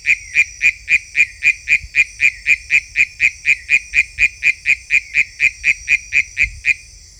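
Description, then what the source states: Philautus frog producing a rapid, regular run of high, sharp notes, roughly four each second, stopping near the end, over a continuous insect hum. Unidentified Philautus species labelled sp 7.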